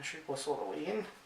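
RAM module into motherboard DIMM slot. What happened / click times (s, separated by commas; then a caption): The module is being handled but has not clicked into its slot yet / none. A DDR4 memory module is being handled at a motherboard DIMM slot while someone talks. Nothing has seated or clicked yet.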